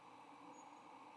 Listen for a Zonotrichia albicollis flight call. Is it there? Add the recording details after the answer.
no. No flight call is heard. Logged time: 09:17 on 8 November 2014